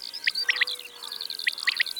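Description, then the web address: Common quail song: two crisp three-note phrases, the first note followed by a fast pair, with other birds' high chirping song behind. "Caille des bles. abc de la nature"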